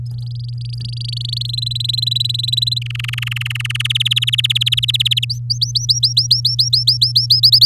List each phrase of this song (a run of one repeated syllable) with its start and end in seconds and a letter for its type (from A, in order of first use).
0.06-1.47 A, 1.48-2.79 B, 2.81-3.87 C, 3.89-5.25 D, 5.29-7.40 E, 7.43-7.66 F